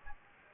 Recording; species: mosquito wingbeat signal from an infrared sensor; Aedes aegypti